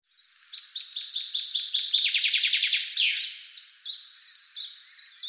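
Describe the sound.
Bird singing a rapid high trill that ends in a descending flourish, followed by several separate sharp notes.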